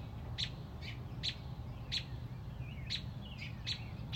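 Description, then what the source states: Robin making piercing short chips in quick succession, with faint slurred notes and a low rumble underneath. Mother robin on a front porch protecting a newly hatched chick.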